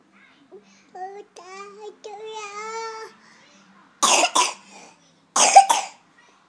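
A child makes a few drawn-out voiced vocal sounds, then coughs in two separate bouts, each a quick double cough.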